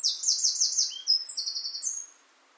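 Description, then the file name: Eurasian wren song fragment: a quick series of descending high notes followed by a bright, steady trill, about two seconds long. "Troglodytes troglodytes"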